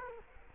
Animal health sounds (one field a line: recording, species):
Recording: mosquito wingbeat signal from an infrared sensor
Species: Culex quinquefasciatus